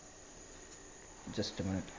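A suede cloth is being fastened onto a ceramic-coating applicator pad with a press-button system, and the button has not snapped home yet. Steady background hiss fills the clip until someone talks briefly near the end. Nothing has seated or clicked yet.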